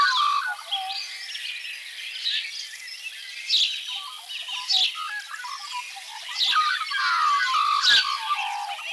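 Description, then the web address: Magpie calls in a busy, continuous tangle of warbled phrases and harsh squawks, several notes overlapping, punctuated by occasional sharp clicks. "birds sound magpiewb"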